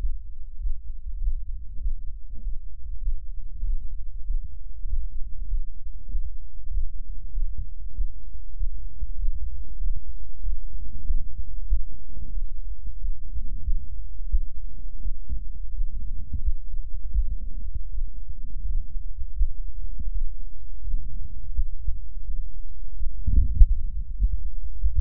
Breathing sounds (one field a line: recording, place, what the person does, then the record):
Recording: lung sounds by stethoscope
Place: left anterior apical chest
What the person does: quiet breathing, then deep breathing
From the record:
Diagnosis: interstitial lung disease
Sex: female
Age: 68 years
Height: 152 cm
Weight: 76 kg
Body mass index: 32.9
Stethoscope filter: bell mode